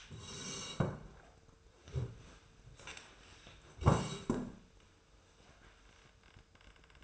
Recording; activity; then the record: daily activity, microphone in the room; sit down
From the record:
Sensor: 2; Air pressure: 1005.0 hPa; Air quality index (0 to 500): 99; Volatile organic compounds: 2 ppm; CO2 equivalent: 1196 ppm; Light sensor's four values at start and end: 7/16/7/7 and 8/18/7/7